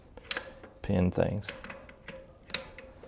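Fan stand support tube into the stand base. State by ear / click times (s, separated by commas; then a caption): seated / 2.5 s. A metal support tube of a shop fan stand is pushed into the stand base until its spring-loaded push-button pin snaps into place, with a sharp click at 2.5 s. Someone talks briefly near the middle, and lighter ticks and taps occur throughout, including another sharp tick at 0.3 s. The tube ends up seated in the base.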